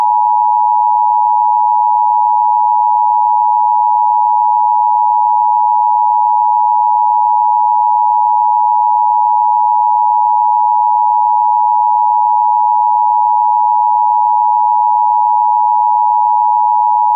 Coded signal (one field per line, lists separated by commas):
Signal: Emergency Alert System (SAME) tones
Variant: 853 and 960 Hz attention tone